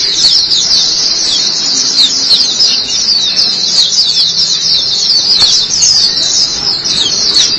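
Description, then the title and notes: White-eye giving a high, rapid twittering song of tightly strung chirps, continuous from start to finish. "Suara kicauan burung pleci"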